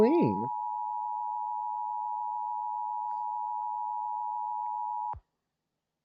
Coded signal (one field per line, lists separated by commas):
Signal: Emergency Alert System (SAME) tones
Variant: 853 and 960 Hz attention tone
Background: speech